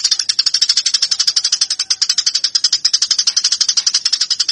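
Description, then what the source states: Eurasian tree sparrow fighting call, an unbroken stream of rapid, harsh, high chirps. Fighting (tarung) sparrow sound used to train birds; Indonesian name burung gereja.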